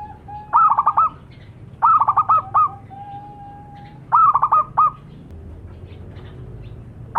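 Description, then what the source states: Zebra dove song: three bursts of rapid, stuttering staccato coos, with a thin steady whistle-like note drawn out between phrases over a quiet low rumble. Long-duration lure call of a zebra dove, described as a vigorous singer (gacor).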